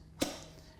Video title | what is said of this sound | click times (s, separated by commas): Juicing Frequently Asked Questions - Sage | and it's locked in there ready to go | 0.2 s